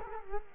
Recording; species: mosquito wingbeat signal from an infrared sensor; Culex quinquefasciatus